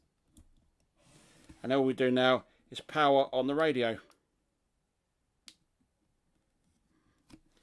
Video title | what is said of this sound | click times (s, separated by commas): X6100 BSOD fix | that just goes into the sd socket you'll hear it click and | 0.4 s